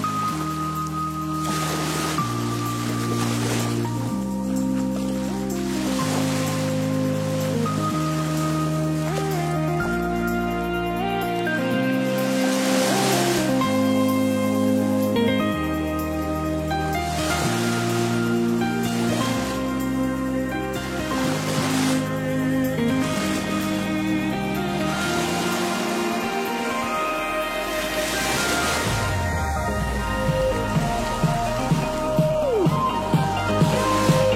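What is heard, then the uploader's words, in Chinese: Upbeat electronic music plays over washing ocean waves. A steady bass line steps to a new note every couple of seconds under bright synth tones, while surf swells rise and fall throughout. Near the end a rising sweep leads into quick, regular pulsing beats. 3D清爽电音配海浪。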